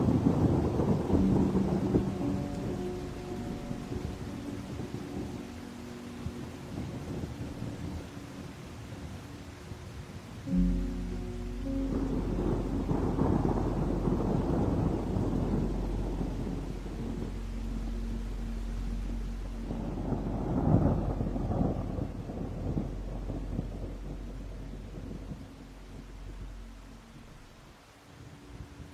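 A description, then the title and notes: Soft sustained music holds low, steady notes while thunder rolls through in deep, rumbling waves, loudest at the start, again around twelve to sixteen seconds, and near twenty-one seconds. Between rolls a faint hiss of rain lingers, and everything fades quieter toward the end. Music with the sounds of storms. Music with THUNDER.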